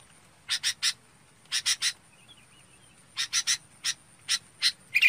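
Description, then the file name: Red-whiskered bulbul giving short scratchy notes, several in quick groups of three with pauses between, then single notes spaced out. Calling to its flock. "Tieng chao mao bong goi bay"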